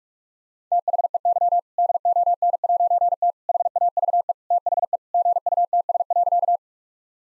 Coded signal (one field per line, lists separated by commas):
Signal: Morse code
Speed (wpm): 46 wpm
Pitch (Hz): 700 Hz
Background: none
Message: THEY DON'T HAVE THE GUTS.